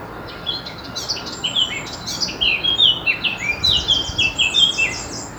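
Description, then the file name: Eurasian blackcap song opening with soft chattering notes and rising into a fast series of clear whistled phrases, over light background noise and a faint steady hum. "Sylvia atricapilla"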